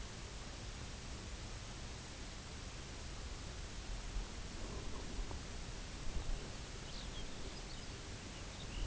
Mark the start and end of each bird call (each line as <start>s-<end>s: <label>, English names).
6.07s-8.86s: Lapland Longspur